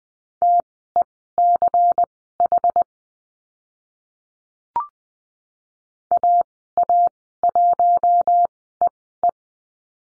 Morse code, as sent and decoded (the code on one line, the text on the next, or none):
- . -.-. .... / .- .- .---- . .
TECH AA1EE